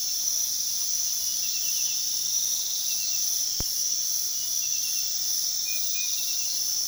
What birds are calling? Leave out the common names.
none